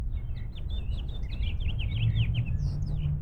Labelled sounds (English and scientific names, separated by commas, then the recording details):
House Finch (Haemorhous mexicanus) song
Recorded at North Valley Stream on Long Island, New York, on 17 June 1975
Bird E